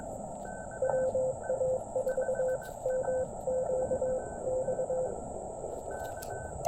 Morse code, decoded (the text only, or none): WA4MQX